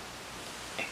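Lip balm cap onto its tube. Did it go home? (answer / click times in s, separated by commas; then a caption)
yes / 0.8 s. A lip balm cap is pressed back onto its tube and clicks shut again at 0.8 s, a short, bright snap that stands out from a steady, hissy background. The cap seats, closing the packaging.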